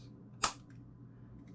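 A plastic protective lens guard is pressed onto the casing of an Insta360 One R 360 action camera and locked in place. A single sharp, loud click sounds at 0.4 s, followed by a faint tick at 0.7 s over a low steady hum. The guard is seated and locked on the casing.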